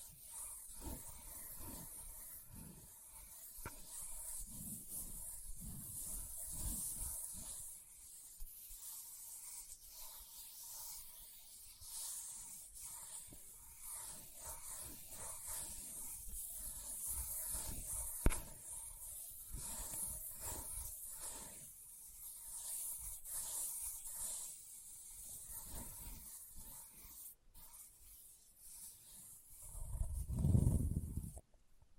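Leather being tapped and scratched, with dense, uneven rubbing and scraping strokes that carry a bright, hissy edge throughout. Soft low thumps cluster in the first few seconds, a sharp tap lands near 18 seconds, and a heavier low thump swells near 30 seconds.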